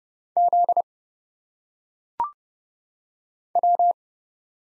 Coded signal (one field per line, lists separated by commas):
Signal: Morse code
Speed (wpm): 30 wpm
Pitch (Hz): 700 Hz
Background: none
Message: Z W